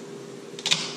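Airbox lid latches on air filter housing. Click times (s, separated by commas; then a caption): 0.6 s, 0.7 s. On a Polaris Ranger 1000XP, the air filter lid is lined up with the spring tabs on the air filter housing and the plastic latches on the airbox are pressed down. Two sharp snaps ring out at 0.6 s and 0.7 s over a steady low hum, the second louder. The latches are snapped down and seated in place.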